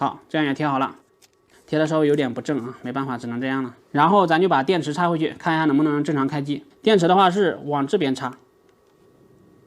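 Someone talks throughout while working inside a Lenovo ThinkBook 14+ 2022 laptop, preparing to plug the battery cable connector back into its motherboard socket to check whether the machine powers on normally. Only speech and faint handling are heard, and the clip ends before the connector goes home, so nothing has seated or clicked yet.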